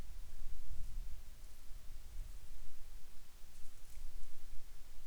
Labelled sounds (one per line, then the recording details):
near silence
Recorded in the Arctic National Wildlife Refuge, Alaska, on 10 July 2019 at 18:30
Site 44